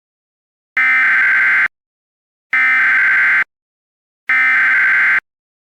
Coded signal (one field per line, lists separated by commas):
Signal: Emergency Alert System (SAME) tones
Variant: header bursts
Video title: EAS Scenario #11: THE MOST BRUTAL WINTER IN HUMAN EXISTANCE